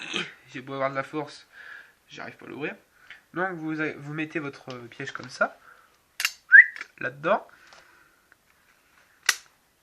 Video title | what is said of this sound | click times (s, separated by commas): [TUTO] Piège a taupe | tournez normalement vous entendez un clic c'est que c'est bon | 9.3 s